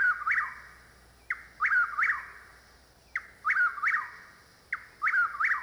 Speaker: the Chuckwill's widow, heard here over a chorus of frogs.